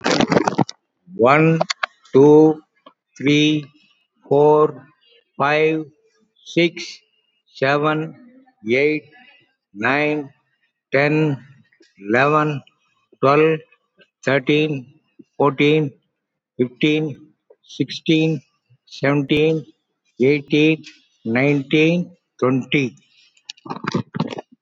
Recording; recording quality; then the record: counting at a normal pace; excellent, no background noise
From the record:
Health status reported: COVID-19 positive, mild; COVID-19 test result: positive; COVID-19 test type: RT-PCR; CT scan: not taken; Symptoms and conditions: cough, fever, muscle pain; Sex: male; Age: 83 years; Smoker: no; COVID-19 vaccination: both doses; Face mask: not worn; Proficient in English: yes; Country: India